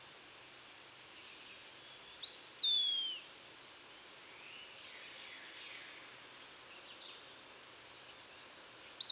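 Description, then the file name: Eastern Wood Pewee giving a clear whistled note that rises and then falls, with fainter high notes before and after it. "Contopus virens - Eastern Wood Pewee"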